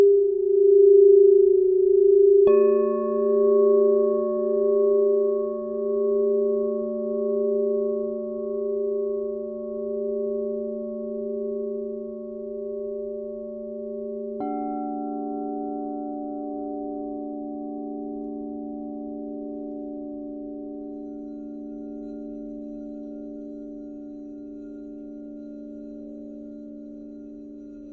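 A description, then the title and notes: A crystal singing bowl hums a pure, wavering tone, struck again near three and fifteen seconds, each strike adding a ringing overtone that slowly fades. I was guided to record 7 crystal singing bowl clips to each represents one of 7 sacred flames AKA 7 sacred rays.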